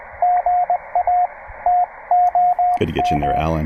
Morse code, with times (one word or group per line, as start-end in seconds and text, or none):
0.2-1.3 GA
1.7-3.5 TOM